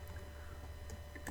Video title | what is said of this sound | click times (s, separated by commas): Medicool ProVac Operation & Maintenance Guide | you just simply push it in until it snaps that's it | 1.3 s